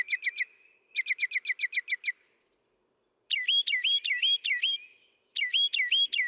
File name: Northern Mockingbird